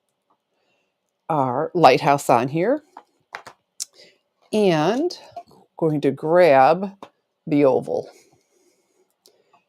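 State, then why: Not seated. Someone talks while handling an oval metal cutting die, about to lay it onto the magnetic platform of a die-cutting machine over lighthouse paper, letting the die find the magnet on its own so it doesn't pull the paper away. Only brief, faint handling taps are heard between the words. Nothing has seated or clicked onto the magnet yet.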